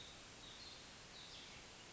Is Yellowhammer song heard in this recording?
no